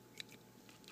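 Plastic magnet cannon accessories are lined up and pushed into the body of a Kamen Rider Fourze S.H.Figuarts Magnet States action figure, with soft handling noise and brief sharp ticks near 0.2 s and 1.0 s. Nothing has snapped into place yet.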